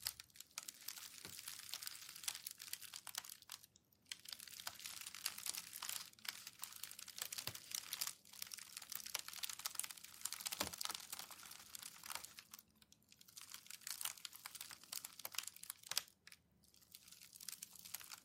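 Packing paper is slowly crinkled, pressed and rolled, giving a dense, bright rustle that runs almost without break. Sharp crackles and snaps pop out irregularly through it, and the sound drops to brief near-silent pauses around 4, 13 and 16 seconds.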